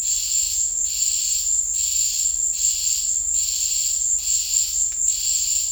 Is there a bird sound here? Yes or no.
no